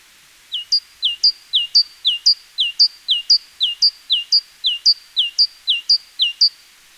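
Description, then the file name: Great tit song of sharp paired notes, a lower downslurred note and a bright high one, repeated evenly about twice a second after a brief quiet start. "Parus major"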